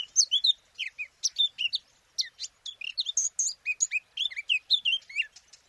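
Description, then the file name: Eurasian blackcap giving a rapid, varied warble of short bright notes rising and falling in quick bursts, with brief pauses, and no other clear sounds. "Sylvia atricapilla"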